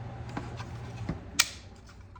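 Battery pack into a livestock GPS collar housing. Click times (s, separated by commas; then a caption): 1.4 s. With its back tabs tucked in, a battery pack is pressed down into the housing of a Nofence livestock GPS collar and worked against a tight fit, giving faint ticks near 0.4 s and 1.1 s. A sharp, loud click at 1.4 s marks the pack seating home in the collar.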